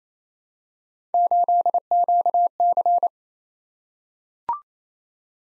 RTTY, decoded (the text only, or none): none